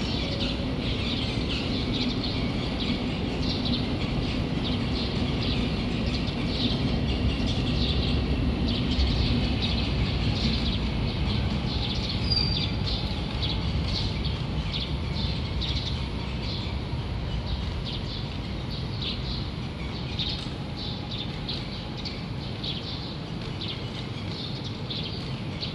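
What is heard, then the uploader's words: A city soundscape in Kuala Lumpur: a steady, dense wash of traffic rumble fills the low end for the whole stretch. Above it, bright chirping and squawking birds flicker constantly, with a faint whistle-like call around twelve seconds. Urban Soundscapes : Kuala Lumpur (Malaysia) recorded by Yii Kah Hoe.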